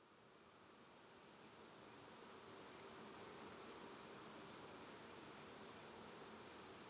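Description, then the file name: Common blackbird making two faint, fine, high seee calls about four seconds apart, each held briefly on a single pitch, with quiet background noise. "Turdus merula"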